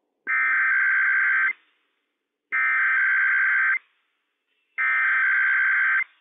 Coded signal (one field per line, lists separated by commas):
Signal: Emergency Alert System (SAME) tones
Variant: header bursts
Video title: IPAWS Required Weekly Test - WWF56 - EAS #58 - 11:00 AM PST 2/22/21